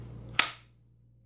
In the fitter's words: uh very positive click with the 43 here